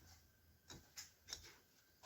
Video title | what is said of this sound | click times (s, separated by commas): Restoring my 70s Homelite XL chainsaw to full working condition | i don't know if you heard that but a little snapping sound | 1.3 s